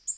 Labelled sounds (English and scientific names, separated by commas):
Black-throated Green Warbler (Setophaga virens) flight call